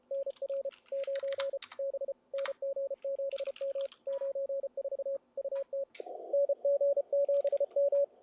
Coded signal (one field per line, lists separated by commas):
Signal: Morse code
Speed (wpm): 29 wpm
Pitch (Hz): 560 Hz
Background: radio noise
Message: NR 9 B NG7M 94 UT NG7M